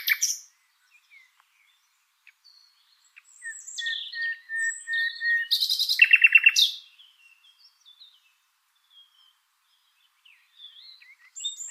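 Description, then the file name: Common nightingale singing varied phrases: soft scattered notes, a sustained level whistle, then a loud buzzy rattling burst before quieter high notes return. "Luscinia megarhynchos"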